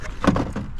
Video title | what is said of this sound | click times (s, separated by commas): How to replace honda odyssey starter and brake bulb | getting there like that and you spin it down until it clicks | 0.2 s